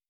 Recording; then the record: hydrophone in a shrimp aquaculture tank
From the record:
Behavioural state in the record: starved